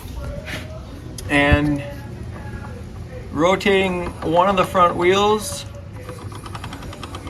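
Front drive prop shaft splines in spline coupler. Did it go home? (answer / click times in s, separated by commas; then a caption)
no / 6.1 s, 6.6 s, 6.7 s, 7.0 s, 7.2 s. A front wheel of a raised 2014 Can-Am Outlander XT 4x4 ATV is rotated by hand while someone talks, and the worn steel splines of the front drive prop shaft slip inside the spline coupler. This produces a series of ratchet-like clicks at 6.1, 6.6, 6.6, 6.7, 7.0 and 7.2 seconds. The prop shaft splines are stripped.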